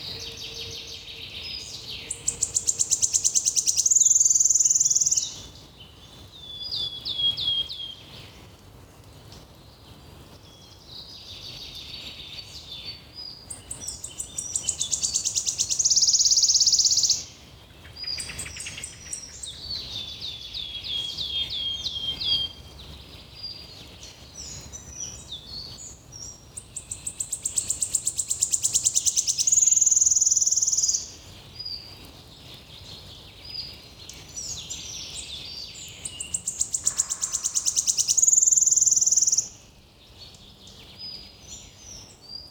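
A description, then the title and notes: Birds sing in repeated bright phrases, with bursts of dense, high chattering at about 2–5, 13–17, 27–31 and 36–39 seconds. Quicker chirps and trills fill the gaps between bursts. A soft, low rumble runs steadily beneath the whole recording. The Birds are Happy Today.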